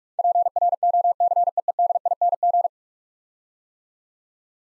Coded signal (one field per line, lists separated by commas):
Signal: Morse code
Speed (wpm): 44 wpm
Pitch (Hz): 700 Hz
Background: none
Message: PROCEEDING